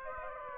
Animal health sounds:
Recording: mosquito wingbeat signal from an infrared sensor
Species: Aedes aegypti

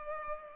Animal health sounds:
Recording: mosquito wingbeat signal from an infrared sensor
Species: Culex pipiens

